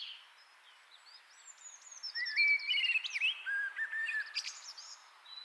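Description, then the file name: Common blackbird song phrase, faint high squeaks first, then rich fluty warbling notes followed by a sharp, thin twittering flourish. "Turdus merula"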